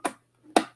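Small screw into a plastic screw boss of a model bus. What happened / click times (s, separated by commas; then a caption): A sharp snap as a small screw is overtightened, possibly stripping its plastic hole / 0.6 s. A small screw is over-tightened into a plastic screw boss of a DeAgostini T1 Samba Bus model kit, giving a light tick at about 0.1 s and then a louder, sharp crack at 0.6 s over a faint low hum. The screw strips out the plastic boss at that 0.6 s crack.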